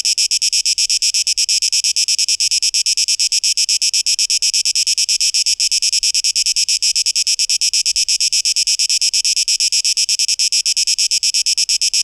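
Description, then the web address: Cicada song, shrill and hissing, pulsing in fast regular throbs without a break; only faint low rumble beneath. Cicadas recorded on 12 August 2023. "rauschpartikel Audio 2023-08-12 Zikaden"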